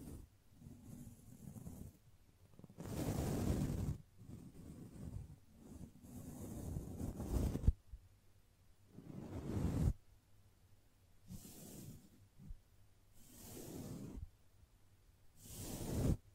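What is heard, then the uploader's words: Gentle brushing strokes sweep back and forth in soft, breathy swishes, each lasting about one to two seconds with short quiet gaps between. The strokes come at a loose, unhurried pace, some fuller and louder, around 3, 6, 9 and 16 seconds. ASMR Gently Brushing Your Brain (No Talking).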